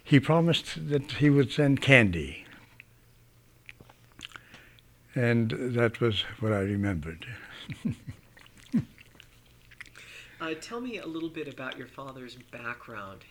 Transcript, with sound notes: He promised that he would send candy, and that is what I remembered. (he laughs)
Tell me a little bit about your father's background,